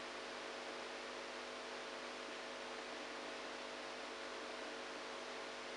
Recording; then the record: brain microelectrode recording played as sound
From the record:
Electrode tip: outside the subthalamic nucleus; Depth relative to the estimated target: 4 mm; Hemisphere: right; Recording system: NeuroSet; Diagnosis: Parkinson's disease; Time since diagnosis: 27 years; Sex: male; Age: 62 years